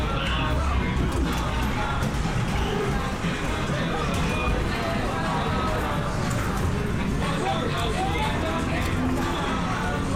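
Lively chatter fills an English seaside town amusement arcade, a dense, steady blend of many overlapping voices. Beneath it runs a constant low whirring of machines, with faint scattered clinks and taps sprinkled throughout and no pauses in the crowd noise.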